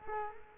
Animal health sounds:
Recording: mosquito wingbeat signal from an infrared sensor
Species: Culex quinquefasciatus

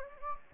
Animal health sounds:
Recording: mosquito wingbeat signal from an infrared sensor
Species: Anopheles gambiae

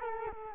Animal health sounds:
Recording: mosquito wingbeat signal from an infrared sensor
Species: Culex quinquefasciatus

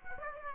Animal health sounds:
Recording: mosquito wingbeat signal from an infrared sensor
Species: Aedes aegypti

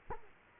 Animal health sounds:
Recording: mosquito wingbeat signal from an infrared sensor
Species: Culex quinquefasciatus

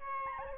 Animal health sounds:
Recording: mosquito wingbeat signal from an infrared sensor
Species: Aedes albopictus

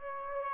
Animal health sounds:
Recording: mosquito wingbeat signal from an infrared sensor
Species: Aedes aegypti

